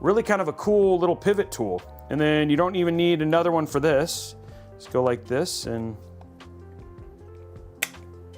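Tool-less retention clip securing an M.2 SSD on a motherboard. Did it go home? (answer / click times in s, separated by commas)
yes / 7.8 s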